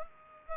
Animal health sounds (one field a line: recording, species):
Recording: mosquito wingbeat signal from an infrared sensor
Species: Culex pipiens